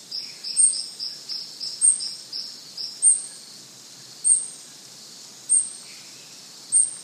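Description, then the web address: Gould's jewelfront calling: a run of rapid high chips for a few seconds, with sharp higher notes spaced about a second apart throughout, over continuous high insect buzzing. Male call; eastern lowlands of South America. "Natures Songs S America Eastern Lowlands. Heliodoxa aurescens, call male"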